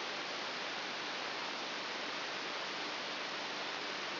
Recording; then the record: brain microelectrode recording played as sound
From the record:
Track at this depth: inside the subthalamic nucleus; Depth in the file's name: 6.001 mm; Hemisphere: right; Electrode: 3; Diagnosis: Parkinson's disease